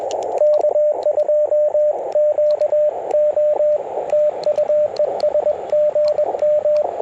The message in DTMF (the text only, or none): none